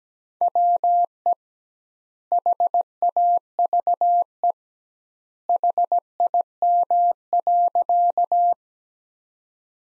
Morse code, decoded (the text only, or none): WE HAVE HIM.